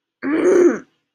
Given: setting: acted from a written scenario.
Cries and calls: vocal sound without words; anger

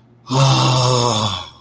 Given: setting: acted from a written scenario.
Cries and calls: vocal sound without words; awe

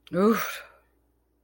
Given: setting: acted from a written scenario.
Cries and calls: vocal sound without words; relief

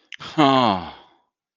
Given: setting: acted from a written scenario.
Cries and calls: vocal sound without words; disappointment

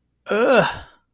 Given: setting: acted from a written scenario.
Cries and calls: vocal sound without words; disgust

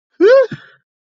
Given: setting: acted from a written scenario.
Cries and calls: vocal sound without words; relief

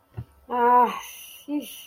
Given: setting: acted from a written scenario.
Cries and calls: vocal sound without words; relief

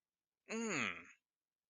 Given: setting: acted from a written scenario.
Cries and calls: vocal sound without words; desire

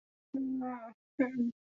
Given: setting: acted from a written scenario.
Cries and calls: vocal sound without words; sadness

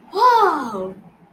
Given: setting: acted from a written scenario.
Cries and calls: vocal sound without words; positive surprise

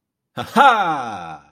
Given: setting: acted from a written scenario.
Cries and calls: vocal sound without words; triumph

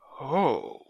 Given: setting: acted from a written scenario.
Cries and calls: vocal sound without words; desire

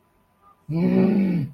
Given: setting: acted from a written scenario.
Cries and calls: vocal sound without words; anger

